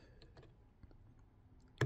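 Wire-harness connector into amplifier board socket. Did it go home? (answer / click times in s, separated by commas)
yes / 1.8 s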